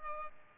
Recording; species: mosquito wingbeat signal from an infrared sensor; Culex pipiens